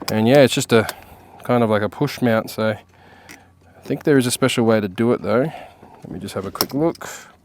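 Someone talks while handling a push-mount plastic switch panel for the interior door trim of a 2012–2018 Ford Ranger PX pickup (Wildtrak, Everest), which goes in front edge first and then the back. Only a brief faint tick near 3.3 seconds stands out between the talking. The panel has not clicked or seated into the trim yet.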